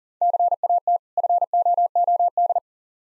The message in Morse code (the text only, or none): CAT FOOD